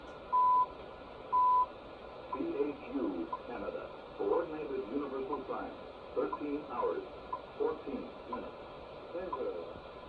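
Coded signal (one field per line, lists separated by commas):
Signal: radio time signal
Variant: CHU Canada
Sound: two short 1 kHz second ticks, then a spoken time announcement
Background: radio static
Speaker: you'll be able to see the modulation when they make the minute announcements.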